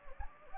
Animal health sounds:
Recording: mosquito wingbeat signal from an infrared sensor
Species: Anopheles gambiae

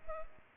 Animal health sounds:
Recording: mosquito wingbeat signal from an infrared sensor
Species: Culex pipiens

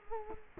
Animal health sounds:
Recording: mosquito wingbeat signal from an infrared sensor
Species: Culex quinquefasciatus

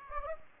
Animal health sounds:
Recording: mosquito wingbeat signal from an infrared sensor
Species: Anopheles gambiae

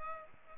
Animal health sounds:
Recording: mosquito wingbeat signal from an infrared sensor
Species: Culex pipiens

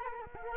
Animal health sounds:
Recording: mosquito wingbeat signal from an infrared sensor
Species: Culex quinquefasciatus

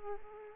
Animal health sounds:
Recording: mosquito wingbeat signal from an infrared sensor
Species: Aedes aegypti

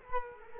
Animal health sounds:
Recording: mosquito wingbeat signal from an infrared sensor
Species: Culex quinquefasciatus

